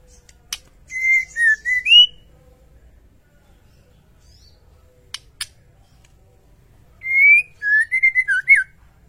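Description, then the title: White-rumped shama song: two phrases of sweet slurred whistles rising and dipping, separated by a quiet gap with a few sharp clicks. White-rumped shama song from a masteran training track for cage birds; full rolling song with shooting phrases. "Masteran Murai Batu Full Ngerol Nembak"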